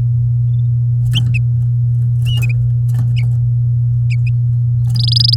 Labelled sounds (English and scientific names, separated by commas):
Domestic Canary (Serinus canaria) song